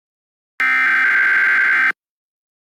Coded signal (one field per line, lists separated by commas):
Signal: Emergency Alert System (SAME) tones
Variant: header bursts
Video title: Eas Scenario 2 BOOM!!! Reupload